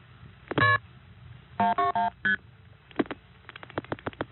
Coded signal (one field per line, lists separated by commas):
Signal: multi-frequency trunk signalling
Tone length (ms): 140 ms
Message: KP 121ST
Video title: Warwick and the 914 Area of NY, pgm. 4: Phreaking via Warwick (December 1975)